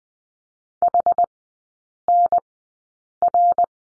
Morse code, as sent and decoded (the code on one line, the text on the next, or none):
.... -. .-.
HNR